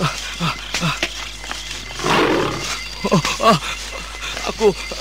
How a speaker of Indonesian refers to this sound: Harimau. Moga-moga harimau itu tidak mencium bau manusia. Kesebelah sana saja aku menghindar. Suara harimau itu ada di depanku.